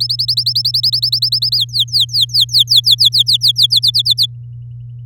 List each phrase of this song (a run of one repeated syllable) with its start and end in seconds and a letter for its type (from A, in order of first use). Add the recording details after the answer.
0.00-1.56 A, 1.58-3.67 B, 3.70-4.26 C. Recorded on 8 May 2018 at 08:02. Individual llb16